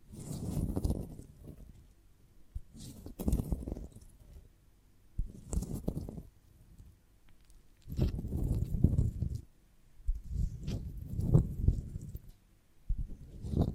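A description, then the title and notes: ASMR sounds of a honeycomb on a branch: soft, low rubbing and crackly handling noises come in bursts about every two to three seconds, each lasting around a second, with faint bright crinkles on top. Near-silent gaps separate the bursts. ASMR of a Honeycomb on Branch (No Talking).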